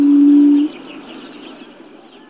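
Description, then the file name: Small buttonquail giving a deep, steady, low hoot lasting under a second, then faint background bird chirps and twitters. "Perepel maly Turnix sylvatica"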